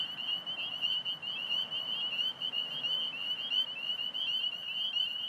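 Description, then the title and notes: Spring peepers calling together, a constant stream of sharp high peeps with steady low traffic hum beneath. Several calling in recently mowed cattail and grass habitat, Alexandria, Virginia, USA, 27 March 2017, 8:06 pm, traffic in background, recorded with phone. "Spring Peepers calling despite their habitat having been recently mowed down (cattails, grasses). Traffic noises in background from Fort Hunt Rd. Alexandria, VA. Recorded 032717 at 8:06pm"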